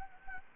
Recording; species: mosquito wingbeat signal from an infrared sensor; Anopheles gambiae